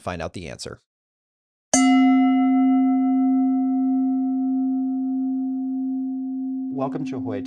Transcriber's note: bell chimes